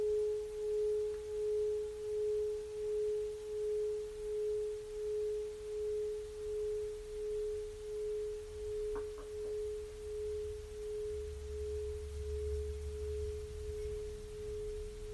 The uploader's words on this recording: Let the sound of the Tibetian Singing Bowls do its magic.